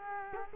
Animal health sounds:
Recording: mosquito wingbeat signal from an infrared sensor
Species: Culex quinquefasciatus

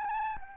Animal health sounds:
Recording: mosquito wingbeat signal from an infrared sensor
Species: Anopheles gambiae

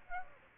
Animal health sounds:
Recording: mosquito wingbeat signal from an infrared sensor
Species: Aedes aegypti

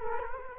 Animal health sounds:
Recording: mosquito wingbeat signal from an infrared sensor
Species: Culex quinquefasciatus

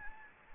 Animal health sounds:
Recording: mosquito wingbeat signal from an infrared sensor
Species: Anopheles gambiae

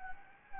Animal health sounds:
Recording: mosquito wingbeat signal from an infrared sensor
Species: Anopheles gambiae

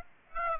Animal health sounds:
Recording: mosquito wingbeat signal from an infrared sensor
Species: Aedes aegypti

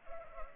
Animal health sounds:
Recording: mosquito wingbeat signal from an infrared sensor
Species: Culex pipiens

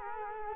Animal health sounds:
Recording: mosquito wingbeat signal from an infrared sensor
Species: Culex quinquefasciatus

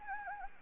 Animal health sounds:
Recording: mosquito wingbeat signal from an infrared sensor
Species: Anopheles gambiae

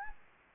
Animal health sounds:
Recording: mosquito wingbeat signal from an infrared sensor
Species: Anopheles gambiae

